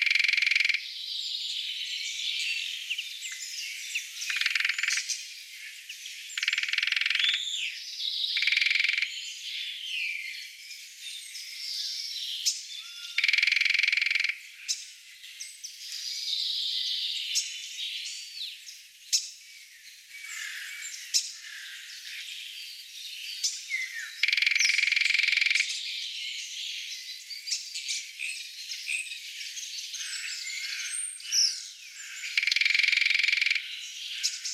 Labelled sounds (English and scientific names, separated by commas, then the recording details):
Lesser Spotted Woodpecker (Dendrocopos minor) drumming
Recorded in the wild
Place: Oberrotweil am Kaiserstuhl, Baden-Württemberg, DE
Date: 1996-04-05
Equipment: Dat-Recorder Casio DA 7, Telinga DAT, Telinga-Parabolspiegel
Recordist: Schwarz, Dieter